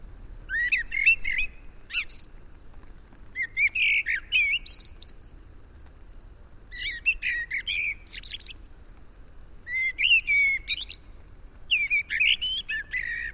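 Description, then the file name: Eurasian blackbird uttering repeated short phrases of warbled mid notes and thin high twitters, roughly every two seconds, with quiet gaps between. "Turdus merula"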